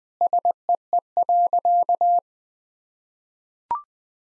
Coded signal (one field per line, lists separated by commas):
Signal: Morse code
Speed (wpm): 20 wpm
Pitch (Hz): 700 Hz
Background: none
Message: SEE.